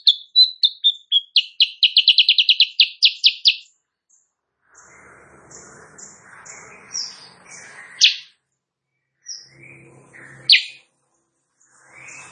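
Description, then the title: Sooty-headed bulbul giving a fast burst of chirped notes that accelerates into a rattle, followed by scattered higher whistles, a couple of loud sharp notes and soft background rustling. Kutilang Sutra type; singing actively (gacor) in the morning; tutor recording (masteran) for training songbirds, said to make rival birds answer. "Masteran Kutilang Sutra. Kutilang Sutra GACOR pagi hari bikin lawannya AUTO NYAUT"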